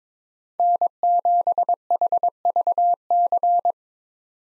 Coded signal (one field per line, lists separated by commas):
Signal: Morse code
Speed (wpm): 21 wpm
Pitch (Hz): 700 Hz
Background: none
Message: N7HVC